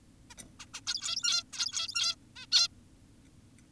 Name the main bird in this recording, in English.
Zebra Finch